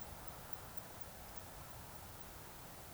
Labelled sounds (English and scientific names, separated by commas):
Eurasian Woodcock (Scolopax rusticola) whistle